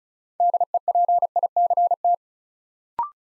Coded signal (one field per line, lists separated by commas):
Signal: Morse code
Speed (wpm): 36 wpm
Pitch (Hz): 700 Hz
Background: none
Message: DEPICT